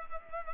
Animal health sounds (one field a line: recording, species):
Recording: mosquito wingbeat signal from an infrared sensor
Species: Culex pipiens